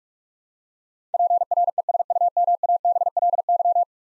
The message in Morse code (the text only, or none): PRESUMABLY